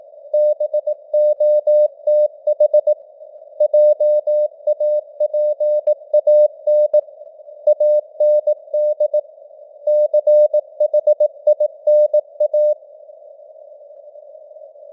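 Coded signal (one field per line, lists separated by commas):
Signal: Morse code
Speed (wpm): 18 wpm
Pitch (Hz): 600 Hz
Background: none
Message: BOTH JAPAN AND CHINA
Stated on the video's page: News headlines in Morse at 18 wpm, with simulated radio noise and fading (QSB).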